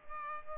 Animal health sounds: mosquito wingbeat signal from an infrared sensor; Culex pipiens

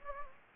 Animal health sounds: mosquito wingbeat signal from an infrared sensor; Anopheles gambiae

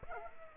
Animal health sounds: mosquito wingbeat signal from an infrared sensor; Aedes aegypti

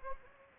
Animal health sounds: mosquito wingbeat signal from an infrared sensor; Anopheles arabiensis

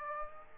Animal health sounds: mosquito wingbeat signal from an infrared sensor; Aedes aegypti

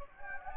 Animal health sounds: mosquito wingbeat signal from an infrared sensor; Anopheles gambiae

